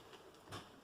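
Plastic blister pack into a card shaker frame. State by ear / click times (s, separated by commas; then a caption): not seated / none. A clear plastic blister pack filled with confetti is handled and pressed toward the opening of a card shaker panel. Quiet rustling handling noise runs throughout, with a brief, slightly louder broadband scrape around 0.5 to 0.6 seconds. The clip ends before the blister pack goes home, so nothing has seated or clicked yet.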